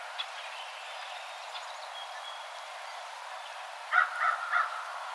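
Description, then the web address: American crow cawing three times in quick succession near the end, after a stretch of faint background noise. Recorded 12 March 2007. "sounds birds American Crow 2007 03 12 American Crow"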